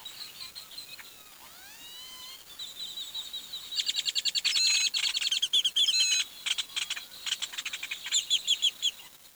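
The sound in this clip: Bird calls: thin rising whistles at first, then fast, dense chirping trills in bursts, with sharp repeated notes continuing to the end.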